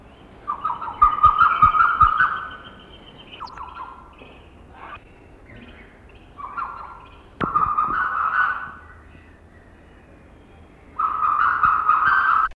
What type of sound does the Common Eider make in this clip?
call